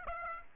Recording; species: mosquito wingbeat signal from an infrared sensor; Aedes aegypti